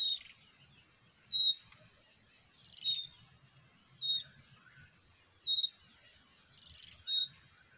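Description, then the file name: Common nightingale repeating a sharp, thin whistled note roughly every one and a half seconds. "Luscinia megarhynchos"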